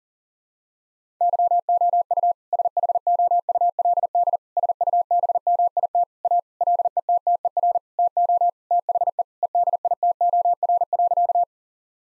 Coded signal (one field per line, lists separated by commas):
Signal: Morse code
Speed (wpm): 40 wpm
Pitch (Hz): 700 Hz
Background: none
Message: YOU SHOULD SUBMIT A LETTER TO THE EDITOR.